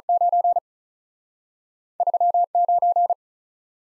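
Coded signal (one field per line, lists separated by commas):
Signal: Morse code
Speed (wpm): 47 wpm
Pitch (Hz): 700 Hz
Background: none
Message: 9 3 9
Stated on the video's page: Morse practice with two-character letter-number combinations, starting at 35 wpm, then slowing incrementally to a base speed, with a final repeat at maximum speed.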